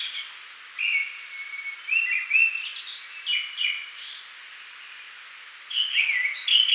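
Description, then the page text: Tickell's thrush singing a series of short varied phrases of clear whistles and slurred notes, separated by brief pauses, with faint hiss behind. "Tickells Thrush Song. Quick Sounds"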